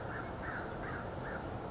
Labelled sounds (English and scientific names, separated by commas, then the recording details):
American Crow (Corvus brachyrhynchos)
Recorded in Sonoma County, California